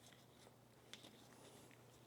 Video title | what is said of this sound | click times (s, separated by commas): Mercedes Benz GLE 350 Front Brake Pad and Rotor Replacement - How To Video to help ! #mercedes | until it snaps back into place. | 0.9 s